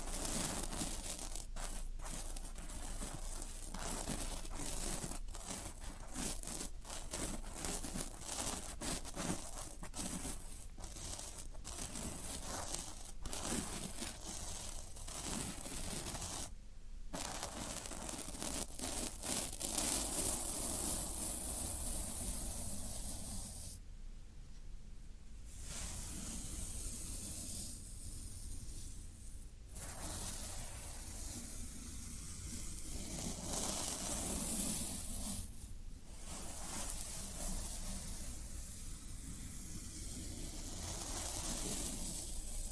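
Floral foam is rubbed and crumbled in a dense, continuous rasping hiss with a soft low rumble underneath. Quick brief breaks dot the first fifteen seconds, and longer pauses come around 17, 24, 29 and 36 seconds, while the overall level stays steady throughout.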